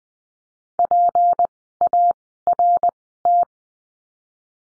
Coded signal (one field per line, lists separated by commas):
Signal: Morse code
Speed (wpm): 20 wpm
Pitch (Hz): 700 Hz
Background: none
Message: PART